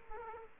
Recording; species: mosquito wingbeat signal from an infrared sensor; Aedes aegypti